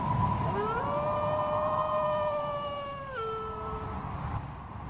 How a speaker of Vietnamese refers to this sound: Gió bỗng dưng nổi lên, tiếng xào xạc của lá cây va vào nhau, tiếng chó sủa. Mà không, chính xác là chúng hú lên từng hồi.